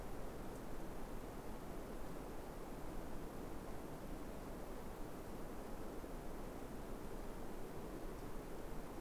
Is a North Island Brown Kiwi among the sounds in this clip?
no